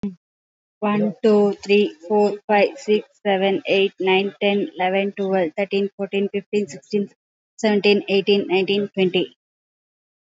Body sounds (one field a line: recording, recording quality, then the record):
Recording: counting at a normal pace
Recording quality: excellent, no background noise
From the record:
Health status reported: COVID-19 positive, mild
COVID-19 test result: positive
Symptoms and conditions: cough, cold, fever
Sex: female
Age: 34 years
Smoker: not ticked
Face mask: not worn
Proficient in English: yes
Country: India